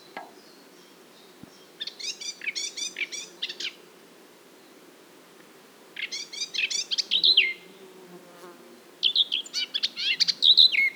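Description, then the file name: Eurasian blackcap song: three warbled phrases separated by pauses, mixing quick scratchy chatter with clearer whistled notes. "Sylvia atricapilla"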